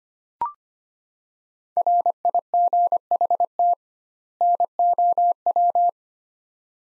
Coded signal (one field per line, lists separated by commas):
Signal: Morse code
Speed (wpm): 25 wpm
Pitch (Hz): 700 Hz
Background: none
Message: RIGHT NOW